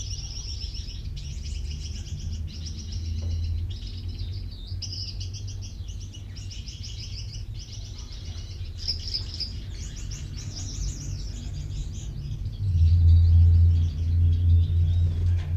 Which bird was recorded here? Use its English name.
Common Chaffinch